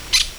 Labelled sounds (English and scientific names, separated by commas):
Brown-throated Parakeet (Eupsittula pertinax) contact call